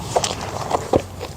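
The folding stem of an Ausom GX1 electric scooter is lowered toward the rear latch, a metal/plastic hook on the rear fender, giving a few short knocks and rattles around 0.2, 0.8 and 0.9 seconds over low background noise. Nothing has clicked or seated yet; the hook is not yet home in the latch.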